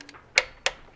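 A click-type torque wrench set to 200 inch-pounds, just under the 18 foot-pound service-manual spec, tightens a spark plug into the cylinder head of a 1.4L turbo Chevy Sonic/Cruze engine. After two faint ticks near the start, the wrench gives a sharp metallic click at 0.4 s, followed by a second sharp click at about 0.7 s. The click confirms the plug has reached the set torque.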